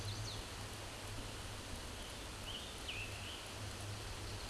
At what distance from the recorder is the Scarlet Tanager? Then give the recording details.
about 50 m. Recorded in a Pennsylvania forest on 19 May 2023 at 14:16. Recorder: AudioMoth, point grid1_31_low. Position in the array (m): 137 m, 44 m